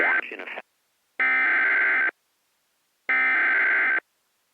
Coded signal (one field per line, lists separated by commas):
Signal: Emergency Alert System (SAME) tones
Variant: header bursts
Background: speech